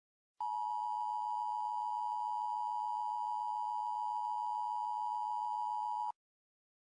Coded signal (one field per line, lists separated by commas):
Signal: Emergency Alert System (SAME) tones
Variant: 853 and 960 Hz attention tone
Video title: EAS Scenario: "The NFL's Awakening" (2021 Original)